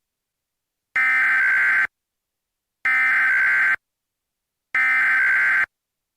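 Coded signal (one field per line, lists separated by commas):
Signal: Emergency Alert System (SAME) tones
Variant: header bursts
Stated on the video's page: Simulated EAS tones in a fictional "Lost in Silence" style emergency alert scenario.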